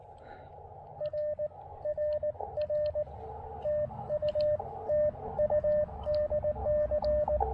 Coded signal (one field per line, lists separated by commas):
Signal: Morse code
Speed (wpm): 19 wpm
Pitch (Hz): 600 Hz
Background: radio noise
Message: RRR TU TU DC